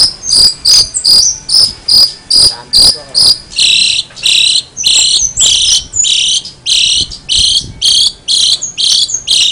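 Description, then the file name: Long-tailed shrike song of high, sharp chirped notes repeated about twice a second in an uneven run, the later notes broader and buzzier. Song style named cililinan. "cendet cililinan"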